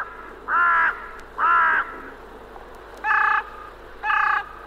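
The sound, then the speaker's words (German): A crow caws four times in two pairs, each call a harsh, raspy, mid-pitched burst of about half a second, with a quiet pause between the pairs and no talking. “Die Amerikanerkrähe, die Saatkrähe, die östlich der Elbe heimische Nebelkrähe mit ihrem grau-schwarzen Gefieder und die westlich der Elbe heimische Rabenkrähe mit ihrem schwarzen Gefieder.”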